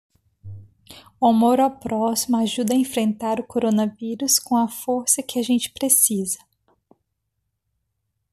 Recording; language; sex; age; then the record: spoken sentence; Brazilian Portuguese; female; 30 to 39 years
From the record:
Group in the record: control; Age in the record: 36 years